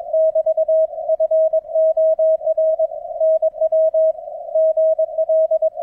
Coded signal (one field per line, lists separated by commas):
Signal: Morse code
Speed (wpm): 22 wpm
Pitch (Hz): 640 Hz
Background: none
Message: <BT> FOR NW GL